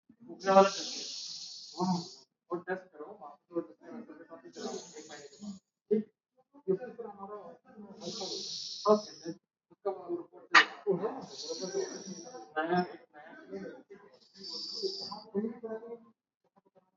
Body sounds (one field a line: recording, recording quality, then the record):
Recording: deep breathing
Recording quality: moderate, slight background noise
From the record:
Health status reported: exposed to COVID-19, no respiratory illness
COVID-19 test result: not tested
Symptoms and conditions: none ticked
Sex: female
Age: 57 years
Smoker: not ticked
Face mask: not worn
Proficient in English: yes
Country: India